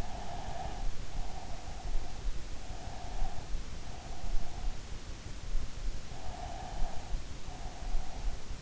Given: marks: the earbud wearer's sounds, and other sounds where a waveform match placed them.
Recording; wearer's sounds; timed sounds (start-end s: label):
sounds in sleep by an in-ear microphone; breath
0.00-2.33 s: breath
2.58-4.78 s: breath
6.20-8.53 s: breath